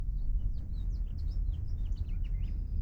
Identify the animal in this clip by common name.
House Finch